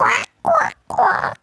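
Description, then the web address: Duck quacking: three harsh, raspy quacks, each a quarter to half a second long, separated by short silences. Farm duck. "Chip 2001-06. Duck"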